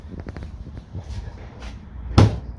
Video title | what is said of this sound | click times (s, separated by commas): Lotus Exige 390 Final Edition - V6 carbon front panel install DIY | and that should be locked into place. | 2.2 s